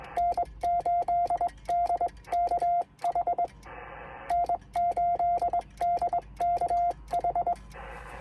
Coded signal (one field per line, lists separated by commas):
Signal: Morse code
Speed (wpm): 23 wpm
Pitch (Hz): 700 Hz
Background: radio noise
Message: N8DKH N8DKH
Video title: Unsuccessful QSO (contact) attempt on 15 m via CW